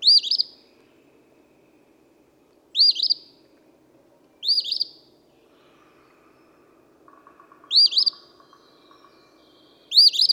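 Eastern phoebe song: five harsh, buzzy two-part phrases at irregular intervals, over a low steady hum with a faint thin tone in the background.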